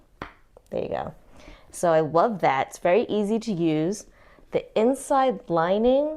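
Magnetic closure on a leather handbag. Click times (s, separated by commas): 0.2 s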